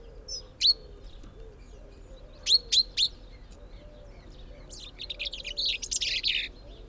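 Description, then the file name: Common chaffinch sharp, clipped call notes: one single note, then a quick run of three about a quarter second apart, followed by softer chattering. "Fringilla coelebs"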